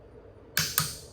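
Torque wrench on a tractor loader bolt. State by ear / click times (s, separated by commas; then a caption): torque reached / 0.6 s. A torque wrench re-checks a bolt on a John Deere 3025 compact tractor/loader during its initial 10-hour service, with a sharp click at 0.6 s and a second click at 0.8 s, each ringing out briefly. The wrench clicks at its setting, confirming the bolt is torqued.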